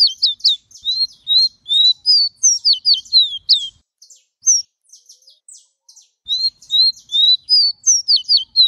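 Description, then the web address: Bird song of rapid high chirps and sweeping twitters, delivered in quick phrases with a brief pause midway, against an otherwise quiet background. "lucas passarinho"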